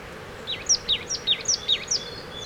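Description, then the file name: Marsh tit calls: a quick run of explosive 'pitchou' notes, each a high chip dropping lower, repeated about seven times in two seconds. "Poecile palustris"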